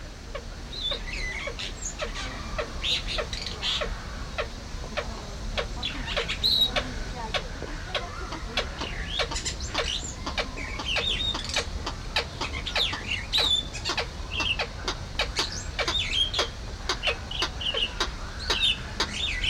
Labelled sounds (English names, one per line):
Golden-breasted Starling